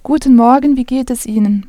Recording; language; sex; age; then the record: spoken sentence; German; female; 20 to 29 years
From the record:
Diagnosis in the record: healthy voice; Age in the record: 20 years